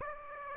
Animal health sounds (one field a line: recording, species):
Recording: mosquito wingbeat signal from an infrared sensor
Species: Aedes aegypti